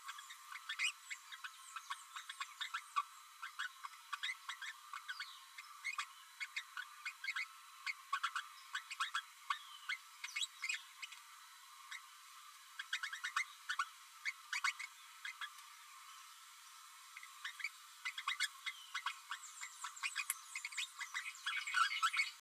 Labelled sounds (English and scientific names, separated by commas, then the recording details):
Green-rumped Parrotlet (Forpus passerinus) babbling
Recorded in a nest box in Venezuela
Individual 18B12A3